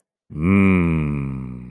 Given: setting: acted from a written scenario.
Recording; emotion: vocal sound without words; desire